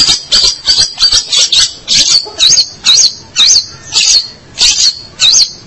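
Long-tailed shrike song: rapid scratchy chatter that slows into separate looping whistled notes about twice per second.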